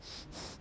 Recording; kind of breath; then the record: one breath in and out by a microphone near the nose and mouth; strong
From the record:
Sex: male